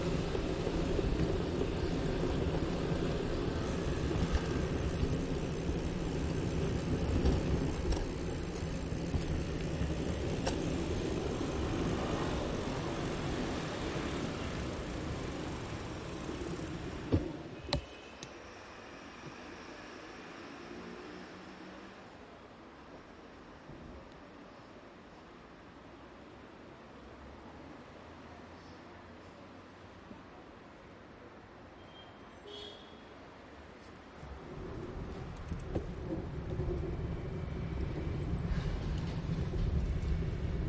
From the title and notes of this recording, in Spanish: Paisaje Sonoro Centro Centro de Bogotá en Bicicleta. Grabado en bicicleta.